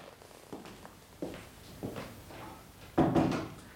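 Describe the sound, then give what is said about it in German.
A few soft, evenly spaced footfalls are followed by a louder, fuller thud as a door is pushed shut. No one speaks. “Wenn du willst, dass die Dienerschaft hört, was ich dir zu erzählen habe, brauchst du die Tür nur offen zu lassen.”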